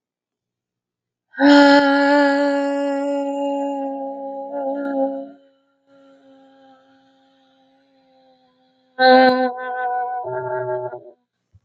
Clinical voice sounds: vowel held as long as possible; female; 20 to 29 years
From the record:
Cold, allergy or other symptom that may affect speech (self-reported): no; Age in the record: 26 years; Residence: Texas, United States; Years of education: 13

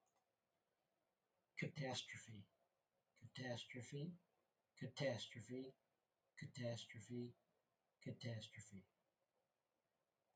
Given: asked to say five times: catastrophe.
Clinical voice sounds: repeated word; male; 40 to 49 years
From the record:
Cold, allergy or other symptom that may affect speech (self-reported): no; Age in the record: 42 years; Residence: Illinois, United States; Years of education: 13

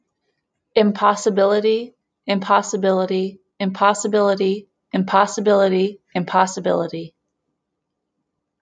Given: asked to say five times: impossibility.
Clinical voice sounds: repeated word; female; 20 to 29 years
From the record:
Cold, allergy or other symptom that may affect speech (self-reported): no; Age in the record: 26 years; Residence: Indiana, United States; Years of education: 16

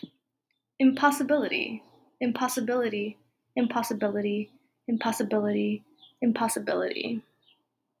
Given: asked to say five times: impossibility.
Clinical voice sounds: repeated word; female; 20 to 29 years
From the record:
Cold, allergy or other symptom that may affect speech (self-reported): no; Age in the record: 25 years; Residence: California, United States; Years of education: 18

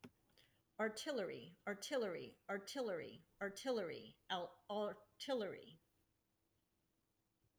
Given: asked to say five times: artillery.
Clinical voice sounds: repeated word; female; 40 to 49 years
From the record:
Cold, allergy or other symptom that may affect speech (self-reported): no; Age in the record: 48 years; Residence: Arizona, United States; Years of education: 16

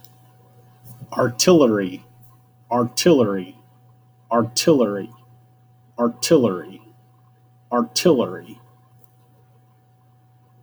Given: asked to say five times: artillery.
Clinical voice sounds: repeated word; male; 20 to 29 years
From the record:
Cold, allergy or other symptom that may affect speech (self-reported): no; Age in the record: 28 years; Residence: Washington, United States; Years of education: 15

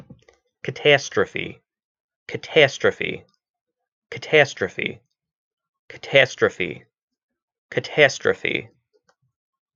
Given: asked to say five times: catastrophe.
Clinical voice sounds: repeated word; male; 30 to 39 years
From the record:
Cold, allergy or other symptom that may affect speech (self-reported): no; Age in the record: 31 years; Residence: Illinois, United States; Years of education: 16

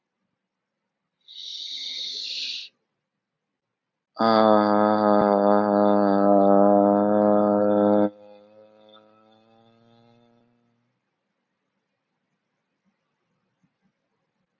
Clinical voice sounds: vowel held as long as possible; male; 20 to 29 years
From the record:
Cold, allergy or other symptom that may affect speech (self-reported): no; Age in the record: 20 years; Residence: United States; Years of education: 15

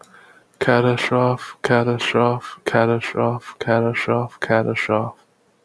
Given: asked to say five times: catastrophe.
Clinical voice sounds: repeated word; male; 20 to 29 years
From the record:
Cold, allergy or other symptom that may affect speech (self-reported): no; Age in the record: 26 years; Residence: Florida, United States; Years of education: 16

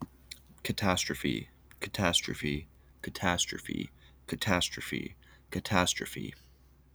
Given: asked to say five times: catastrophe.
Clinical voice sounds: repeated word; male; 20 to 29 years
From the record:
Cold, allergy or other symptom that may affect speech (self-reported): no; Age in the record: 24 years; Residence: Pennsylvania, United States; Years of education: 16

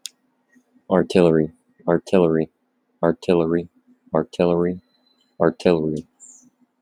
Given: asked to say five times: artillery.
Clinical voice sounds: repeated word; male; 30 to 39 years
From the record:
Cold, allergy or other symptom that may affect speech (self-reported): no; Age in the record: 33 years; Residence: Florida, United States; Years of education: 12

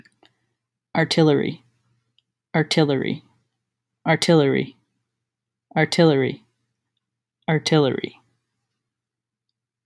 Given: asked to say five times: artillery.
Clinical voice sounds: repeated word; female; 40 to 49 years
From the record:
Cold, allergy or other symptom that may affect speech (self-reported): no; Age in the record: 43 years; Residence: California, United States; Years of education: 14

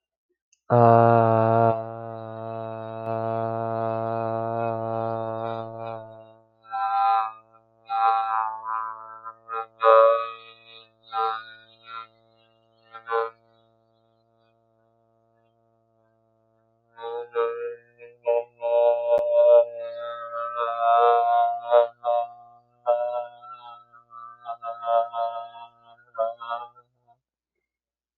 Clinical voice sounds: vowel held as long as possible; male; 20 to 29 years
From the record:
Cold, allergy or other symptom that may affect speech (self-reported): no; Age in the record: 27 years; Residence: Virginia, United States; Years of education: 16

